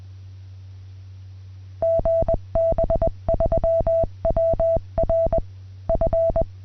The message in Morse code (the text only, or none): GB3WR F